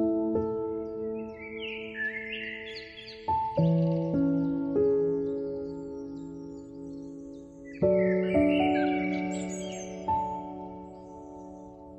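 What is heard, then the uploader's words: Soft piano chords ring out and slowly fade, struck every few seconds, while bright bird chirps trill above them early on and again near the end. Soothing Piano and Peaceful Birds.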